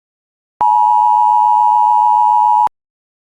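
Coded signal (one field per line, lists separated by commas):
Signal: Emergency Alert System (SAME) tones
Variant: 853 and 960 Hz attention tone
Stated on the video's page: Fifteen stacked headers on WJON radio: severe thunderstorm warnings, watches, EAS tests and a tornado warning.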